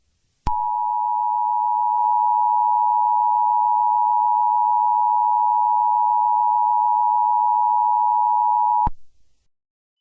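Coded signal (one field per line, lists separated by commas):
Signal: Emergency Alert System (SAME) tones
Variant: 853 and 960 Hz attention tone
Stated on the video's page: Valid EAS tones interrupting a song performance.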